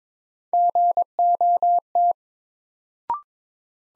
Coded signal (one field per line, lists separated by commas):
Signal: Morse code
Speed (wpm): 22 wpm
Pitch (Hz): 700 Hz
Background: none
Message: GOT